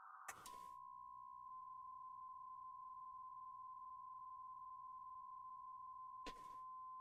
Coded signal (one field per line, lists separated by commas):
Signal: PSK63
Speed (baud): 62.5 baud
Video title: M0KNM - RSGB 3.5MHz Autumn Series Contest Livestream 01/09/25